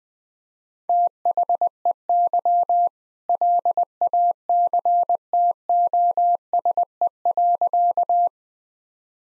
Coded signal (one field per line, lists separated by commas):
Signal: Morse code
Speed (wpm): 20 wpm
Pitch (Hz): 700 Hz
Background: none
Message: THEY LACTOSE.